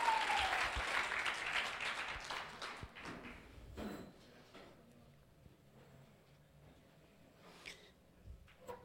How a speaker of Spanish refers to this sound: ¿Cuánto dicen amén? Le damos un aplauso al Señor y ponete de pie.